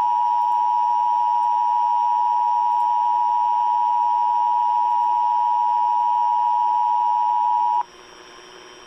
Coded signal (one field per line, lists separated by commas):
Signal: Emergency Alert System (SAME) tones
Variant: 853 and 960 Hz attention tone